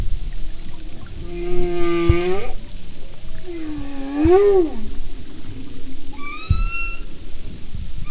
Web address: Sound and Marine Mammals humpback